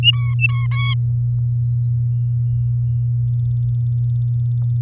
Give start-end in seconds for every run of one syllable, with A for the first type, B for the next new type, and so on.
0.03-0.66 A, 0.71-0.94 B